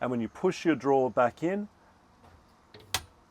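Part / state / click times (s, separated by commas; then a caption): kitchen drawer latch in motorhome cabinetry / seated / 2.7 s, 2.9 s. Someone talks as a kitchenette drawer in a VW Crafter motorhome is pushed back in until its latch engages. A faint click comes at 2.7 s and a sharp click at 2.9 s, showing the drawer is locked for travel.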